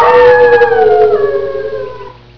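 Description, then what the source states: Wolf howl, one long rich-toned note that starts loud and slowly slides lower in pitch while fading away over about two seconds. Andes rain forest.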